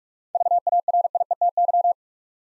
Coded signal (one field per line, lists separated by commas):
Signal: Morse code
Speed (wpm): 46 wpm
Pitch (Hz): 700 Hz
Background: none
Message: VARIETY